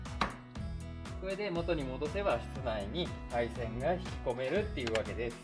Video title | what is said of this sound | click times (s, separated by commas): 30ヴェルファイアに後付け3Dアラウンドビューの取付！ | パチッとはまりますんでね。 | 0.2 s